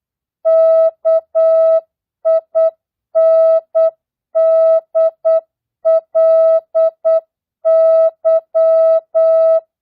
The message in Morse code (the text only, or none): KINDLY